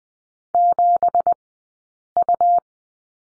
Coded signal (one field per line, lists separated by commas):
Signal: Morse code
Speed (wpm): 20 wpm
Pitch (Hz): 700 Hz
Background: none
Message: 7U